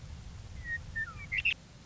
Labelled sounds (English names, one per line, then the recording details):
Western Meadowlark
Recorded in Sonoma County, California